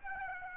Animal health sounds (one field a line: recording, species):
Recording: mosquito wingbeat signal from an infrared sensor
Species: Aedes aegypti